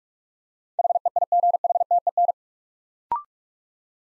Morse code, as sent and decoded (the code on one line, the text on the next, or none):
.... . .. --. .... - . -.
HEIGHTEN